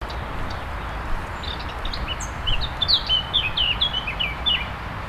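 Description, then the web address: Bird song of quick twittering and chirping notes, denser in the second half, over steady low background noise. Native hedge bird recorded in April. "oeko hecke vogel april vogel heimisch"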